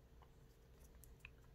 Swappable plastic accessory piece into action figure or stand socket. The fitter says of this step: kind of hear it pop in there